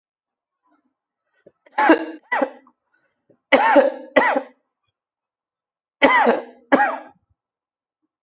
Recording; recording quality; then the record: heavy voluntary cough; excellent, no background noise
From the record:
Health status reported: healthy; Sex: male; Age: 47 years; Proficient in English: yes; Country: India